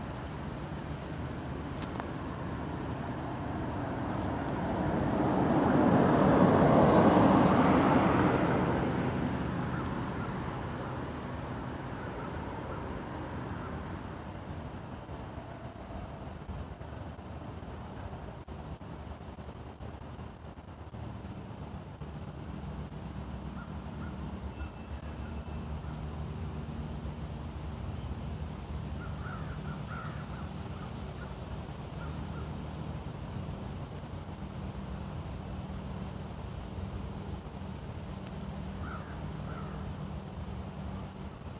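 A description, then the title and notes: Outdoor nature sounds with a steady low rumble of wind or traffic throughout. Around five to ten seconds a vehicle swells and passes, then fades. Later, faint bird calls sound occasionally over the quieter background. Outside sounds. Nature sounds.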